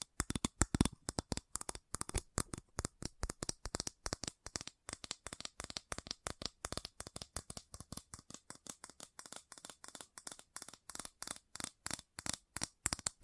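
Fast tapping runs through the whole clip as a dense stream of sharp, crisp clicks, many per second, with brief gaps and uneven bursts. The taps are bright and dry, some slightly louder than others, with no other sounds behind them.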